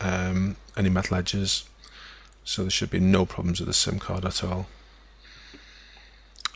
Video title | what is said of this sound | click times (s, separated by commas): How to make a micro sim from a standard sim card to fit an iPhone | it should just slide straight in Clicks in place | 6.4 s